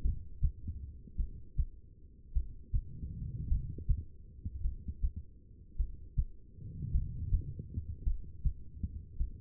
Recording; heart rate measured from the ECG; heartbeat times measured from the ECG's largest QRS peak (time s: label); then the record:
heart sounds by stethoscope; 52 bpm
0.01 s: heartbeat
1.16 s: heartbeat
2.32 s: heartbeat
3.48 s: heartbeat
4.61 s: heartbeat
5.76 s: heartbeat
6.91 s: heartbeat
8.03 s: heartbeat
9.17 s: heartbeat
From the record:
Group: heart failure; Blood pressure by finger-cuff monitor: 101/64 mmHg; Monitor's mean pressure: 77 mmHg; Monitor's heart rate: 52 bpm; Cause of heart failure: non-ischemic cardiomyopathy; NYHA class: 1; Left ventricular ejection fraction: 52%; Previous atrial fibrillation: present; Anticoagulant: apixaban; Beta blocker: bisoprolol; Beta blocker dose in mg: 10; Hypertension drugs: sacubitril-valsartan, spironolactone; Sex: female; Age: 68 years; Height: 169 cm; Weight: 71 kg